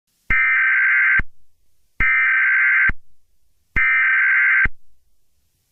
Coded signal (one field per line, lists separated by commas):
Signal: Emergency Alert System (SAME) tones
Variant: header bursts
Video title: EAS Scenario: How Summer Turns Fiery